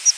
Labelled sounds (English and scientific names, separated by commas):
Palm Warbler (Setophaga palmarum) flight call